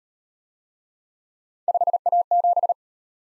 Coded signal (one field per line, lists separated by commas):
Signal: Morse code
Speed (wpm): 36 wpm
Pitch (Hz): 700 Hz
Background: none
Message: 5A7